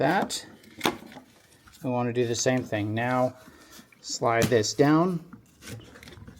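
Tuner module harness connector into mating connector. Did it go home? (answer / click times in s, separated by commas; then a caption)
no / none. A plastic tuner module harness connector for an EDGE EZX 3.0 on a Duramax LZ0 is handled and slid down toward its mating plug, with light rubbing and a few short sharp ticks while someone talks. The connector has not seated or clicked in yet.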